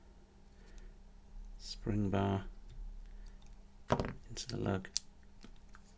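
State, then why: Seated. The compressed spring bar of a shorter rubber watch strap piece is pushed into the lug hole of a watch case while someone talks, with small clicks and taps along the way. At 5.8 s a sharp click is heard as the spring bar seats in the lug.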